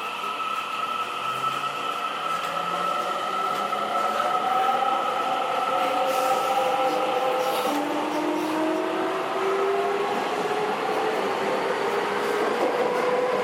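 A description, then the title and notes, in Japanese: A JR 207 series train running between Kyobashi and Takarazuka, its steady rolling roar filling all thirteen seconds. Several motor whine tones glide upward as the train picks up speed, and a brief patch of rattling and clatter comes around six to eight seconds. JR207系 京橋〜宝塚。JR東西線、宝塚線の区間で録音しました。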